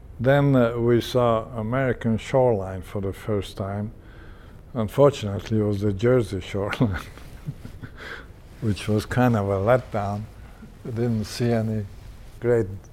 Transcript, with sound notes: Then we saw American shoreline for the first time. Unfortunately, it was the Jersey shoreline [laughs] which was kind of a letdown. We didn't see any great